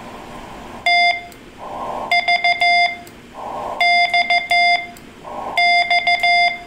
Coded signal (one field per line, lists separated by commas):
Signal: Morse code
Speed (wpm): 14 wpm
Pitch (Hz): 2100 Hz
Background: none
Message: T V X X